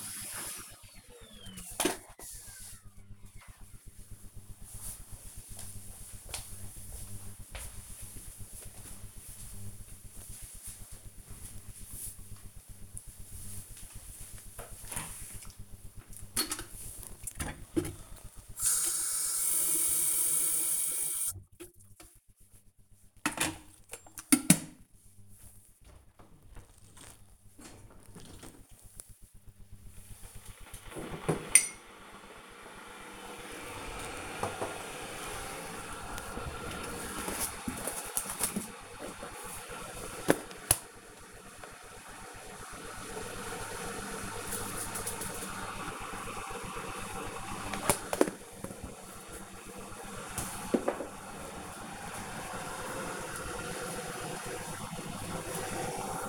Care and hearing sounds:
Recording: household activities, microphone on the right wrist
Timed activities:
0.00-1.06 s: vacuum cleaning
16.19-56.29 s: making tea

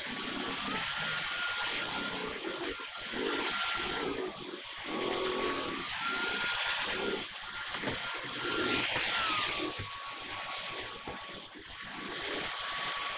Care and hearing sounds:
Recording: household activities, microphone on the right wrist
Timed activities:
0.00-13.18 s: vacuum cleaning

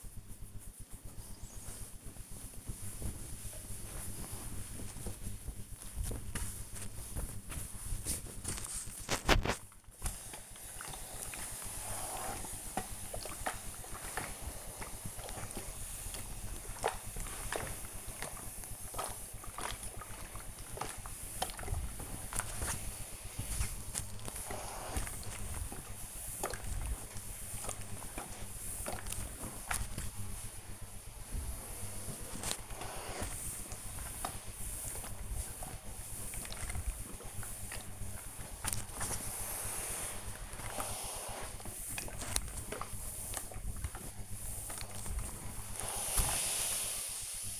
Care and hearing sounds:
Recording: household activities, microphone on the right wrist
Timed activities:
0.48-47.60 s: ironing laundry

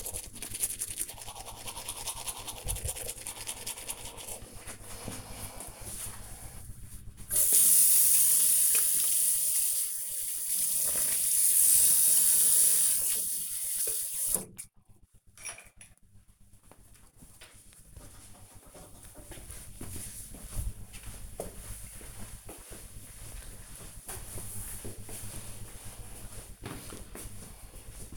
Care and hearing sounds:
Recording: household activities, microphone on the right wrist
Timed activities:
0.00-14.57 s: brushing teeth

